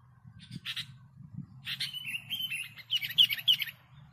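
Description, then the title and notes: Sooty-headed bulbul song: a separate chirp, then a longer warbling phrase ending in quick notes, over a low rumbling hum. Song used as a model for training songbirds (masteran). "suara burung kutilang buat masteran"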